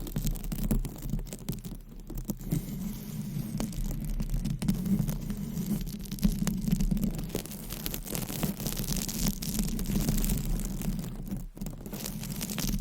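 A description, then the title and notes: Fingernail scratching rasps steadily across a microphone cover, a dense, continuous scraping with a strong low rumble underneath. Quick sharp clicks and taps break through often, especially around two, six and eleven seconds, while the overall loudness stays fairly even. ASMR Mic Scratching Brain Scratching with 50 DIFFERENT MICS Covers & Nails No Talking.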